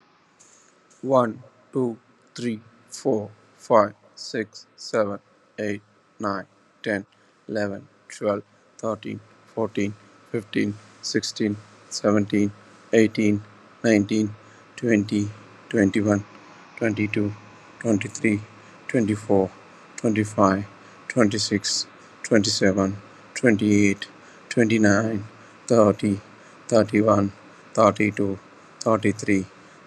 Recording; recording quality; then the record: counting at a normal pace; poor, much background noise or distortion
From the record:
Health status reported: COVID-19 positive, moderate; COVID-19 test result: positive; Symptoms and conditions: cough, cold, fever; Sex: male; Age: 44 years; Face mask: worn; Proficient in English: yes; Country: India